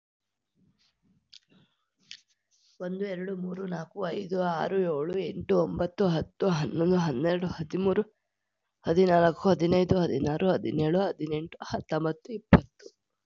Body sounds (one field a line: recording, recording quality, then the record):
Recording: counting at a normal pace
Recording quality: excellent, no background noise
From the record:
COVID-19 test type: RT-PCR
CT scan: not taken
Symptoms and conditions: cough, cold, sore throat, fatigue, muscle pain, loss of smell and taste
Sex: female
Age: 26 years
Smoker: no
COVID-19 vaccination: one dose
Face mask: worn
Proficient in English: yes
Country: India